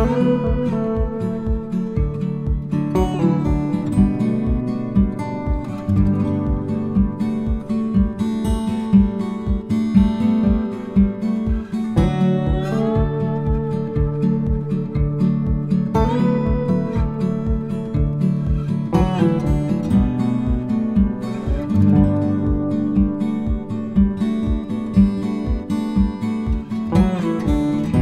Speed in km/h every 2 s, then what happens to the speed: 90, 89, 89, 89, 91, 92, 92, 92, 92, 93, 94, 95, 95, 94.
0-28 steady at about 92.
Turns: none.